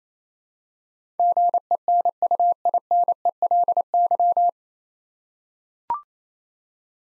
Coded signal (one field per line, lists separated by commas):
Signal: Morse code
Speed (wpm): 28 wpm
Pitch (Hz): 700 Hz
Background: none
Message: GENUINELY